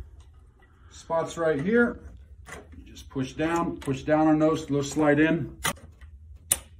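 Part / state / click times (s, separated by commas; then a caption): walker frame push pin into its locking hole / seated / 6.5 s. Someone talks while pressing down on the spring push pin of a rollator walker frame and sliding it into its locking hole. A single sharp, loud click is heard at 6.5 seconds as the pin snaps into its slot and seats.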